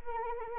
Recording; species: mosquito wingbeat signal from an infrared sensor; Anopheles arabiensis